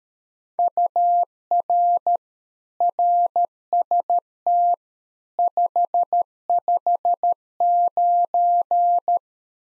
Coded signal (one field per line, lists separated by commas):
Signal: Morse code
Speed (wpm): 13 wpm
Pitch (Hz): 700 Hz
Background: none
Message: UR RST 559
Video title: Practice QSO - Exchange 1- Beginning - 13wpm